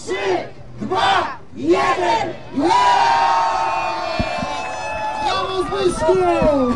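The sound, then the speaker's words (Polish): A crowd of fans and friends cheers a man finishing a record ice-bath endurance attempt of over two hours: a few rhythmic group shouts counting down, then a loud, sustained roar of many voices yelling together, with higher whoops rising over the din. “Dziękuję wszystkim za doping, za wszystko.”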